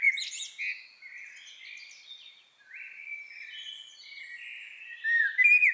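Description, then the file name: Eurasian blackbird song: continuous fluty and squeaky warbled phrases, rising to a louder whistled ending. "Turdus merula"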